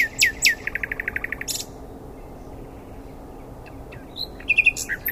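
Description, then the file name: Common nightingale: two sharp high notes lead into a quick burst of repeated chirps, a silent gap, then a new phrase of varied high, scratchy notes. "Luscinia megarhynchos"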